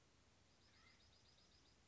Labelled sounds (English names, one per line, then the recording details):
Acorn Woodpecker
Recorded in Sonoma County, California